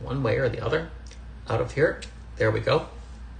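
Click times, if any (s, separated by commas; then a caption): none. A magnetic slide clasp on a metal bracelet is being handled while someone talks, with faint handling noise between the words. Nothing has seated or clicked yet.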